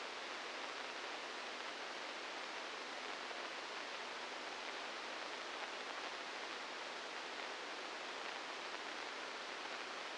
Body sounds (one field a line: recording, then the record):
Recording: brain microelectrode recording played as sound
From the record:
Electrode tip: inside the subthalamic nucleus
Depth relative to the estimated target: -2 mm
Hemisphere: left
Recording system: NeuroSet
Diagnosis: Parkinson's disease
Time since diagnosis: 15 years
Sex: female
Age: 59 years